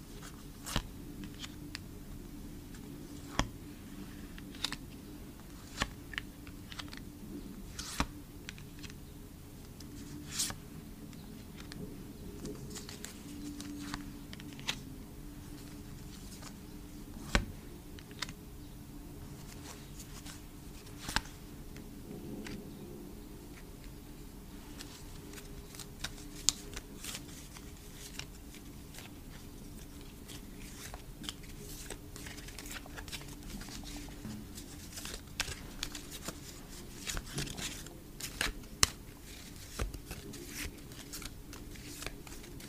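Photocards are tapped in a quick, irregular patter of small, sharp clicks, some louder and brighter than others, scattered throughout without a steady rhythm. Beneath them runs a constant low hum.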